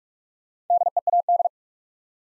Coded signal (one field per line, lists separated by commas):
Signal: Morse code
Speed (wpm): 44 wpm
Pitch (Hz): 700 Hz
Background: none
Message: DEAD